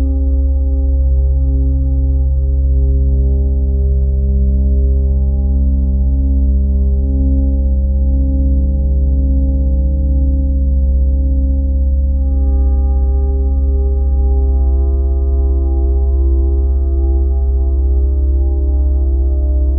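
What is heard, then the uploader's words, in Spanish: A steady 639 Hz angelic frequency tone, built from layered pure tones that hum continuously without breaks. The sound is low and full, with a strong deep drone underneath and soft wavering overtones that shift slowly; a slightly brighter tone joins around twelve seconds. Frecuencia Angelical: 639 Hz - Atraer Energía del Amor.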